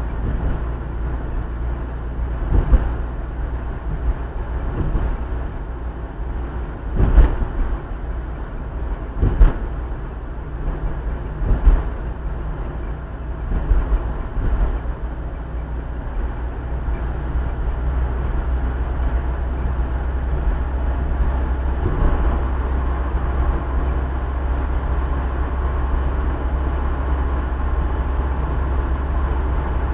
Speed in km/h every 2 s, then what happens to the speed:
46, 47, 49, 48, 47, 47, 47, 47, 48, 50, 51, 51, 52, 53, 53.
0-30 steady at about 48.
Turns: none.